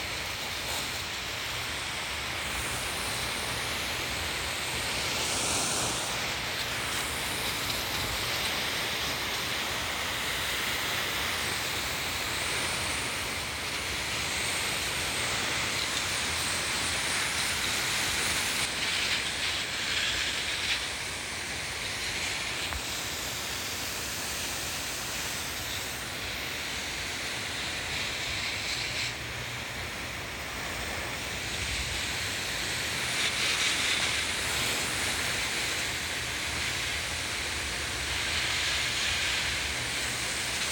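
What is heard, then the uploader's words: A garden hose sprays water in a steady, dense hiss, bright, with slight shifts in pressure and a low rumble underneath. A Real White Noise: Watering The Plants and The Garden with The Hose.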